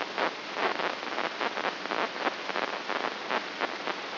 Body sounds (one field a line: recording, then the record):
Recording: brain microelectrode recording played as sound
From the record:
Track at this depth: outside the subthalamic nucleus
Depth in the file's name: 7.428 mm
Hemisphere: left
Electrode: 3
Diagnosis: Parkinson's disease